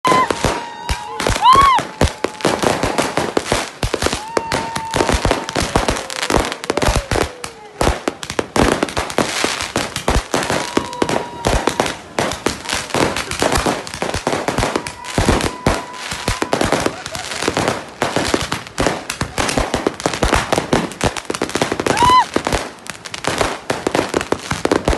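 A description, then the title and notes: New Year celebrations at a beach party in Ghana, filled with rapid, dense crackling from firecrackers going off almost nonstop for the whole stretch. Thin whistling tones rise and hold now and then, and faint voices sit underneath the bangs. 12am hit with a boom Ghana beach party New Year. At 12am we lit it up. We had about 12 sticks on the sand and more in peoples hands.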